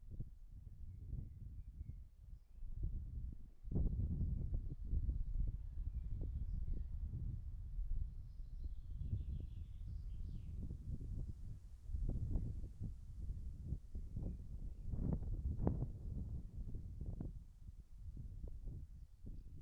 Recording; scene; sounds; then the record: everyday scene through a hearing-aid microphone; wind on the microphone; wind, birds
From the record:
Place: in front of a rural house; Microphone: behind the ear, right, rear